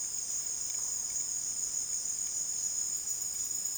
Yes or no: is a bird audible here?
no